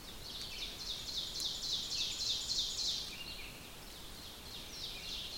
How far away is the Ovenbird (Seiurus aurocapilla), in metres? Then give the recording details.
about 65 m. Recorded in boreal forest in Alberta, Canada, on 5 June 2016 at 06:52. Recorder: SongMeter 3, array SBT-3-51. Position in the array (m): 229 m, 195 m. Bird 28